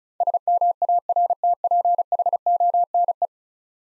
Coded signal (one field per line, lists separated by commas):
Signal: Morse code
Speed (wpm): 36 wpm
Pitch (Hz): 700 Hz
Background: none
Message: SMARTPHONE